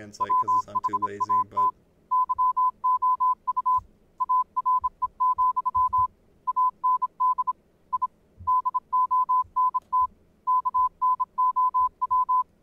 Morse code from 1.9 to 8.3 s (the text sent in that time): YOU ARE, AND I